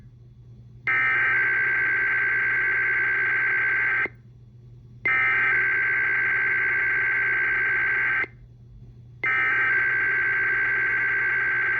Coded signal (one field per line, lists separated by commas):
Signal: Emergency Alert System (SAME) tones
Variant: header bursts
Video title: IPAWSCAP RWTs & More (EAS #1001-#1014)